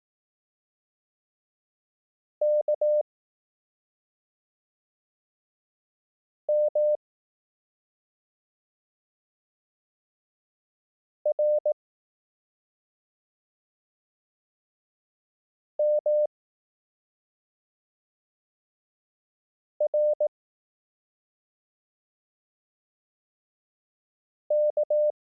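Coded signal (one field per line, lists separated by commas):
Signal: Morse code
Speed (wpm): 18 wpm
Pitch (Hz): 600 Hz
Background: none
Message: K M R M R K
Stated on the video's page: Morse code course, lessons 1–3, using the Koch method at 18 wpm.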